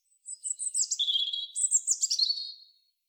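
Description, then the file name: European robin giving a continuous high, liquid warble of quick pulsing notes for over two seconds before it stops. No other sounds. "Erithacus rubecula"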